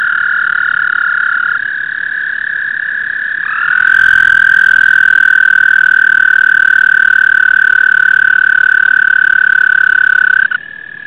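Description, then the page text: American toads trilling: one long musical trill overlapped by a second, louder trill that swells in and holds steady before breaking off near the end. "звуки амфибий - Bufo americanus"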